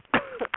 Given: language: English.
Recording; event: throat vibration sensor signal played as sound; cough